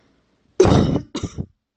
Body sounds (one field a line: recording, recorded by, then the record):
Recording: voluntary cough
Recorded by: messaging app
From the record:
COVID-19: negative